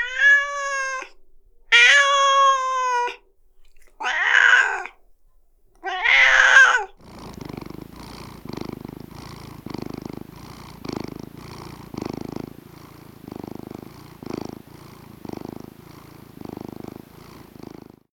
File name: Animal Cat Meow and Purr